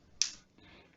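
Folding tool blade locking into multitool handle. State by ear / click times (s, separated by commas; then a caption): seated / 0.2 s. A folding tool blade on a Leatherman Wave multitool is opened until its lock engages, locking the tool open in the handle. A single sharp, bright click is heard at 0.2 s, followed by a brief fading ring and quiet background.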